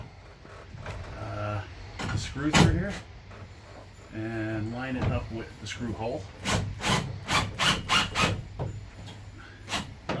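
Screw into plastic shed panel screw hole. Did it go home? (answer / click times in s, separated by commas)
no / 10.1 s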